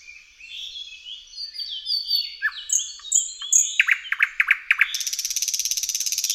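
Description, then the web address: Thrush nightingale singing: soft high warbled phrases and sharp whistles build into loud clicking chock notes, then a rapid, rhythmic, grating rattle. "Tajemnice puszczy Slowik szary"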